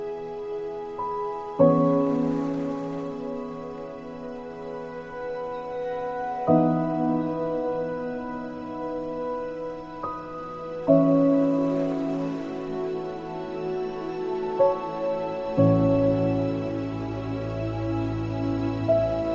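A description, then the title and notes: Gentle, calming music of soft, sustained chords that shift to a new harmony every few seconds, with a deeper low tone settling in near the end. Faint swells of ocean wash rise behind the music around three seconds and again near twelve. Gentle and calming music track, set against peaceful ocean noises.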